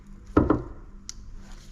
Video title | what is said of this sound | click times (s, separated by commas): BMW X5 Wiper Motor and Linkage Replacement | make sure it clicks in all the way and then | 1.1 s